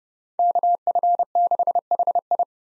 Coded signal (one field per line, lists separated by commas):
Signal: Morse code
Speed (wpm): 30 wpm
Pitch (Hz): 700 Hz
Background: none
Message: KF6HI